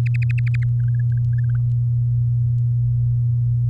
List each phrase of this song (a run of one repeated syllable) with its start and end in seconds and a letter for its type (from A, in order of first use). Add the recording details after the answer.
0.06-0.64 A. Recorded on 4 May 2018 at 18:40. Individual llb16